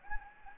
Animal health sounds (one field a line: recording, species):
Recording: mosquito wingbeat signal from an infrared sensor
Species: Anopheles gambiae